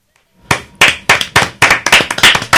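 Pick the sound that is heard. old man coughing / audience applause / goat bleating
audience applause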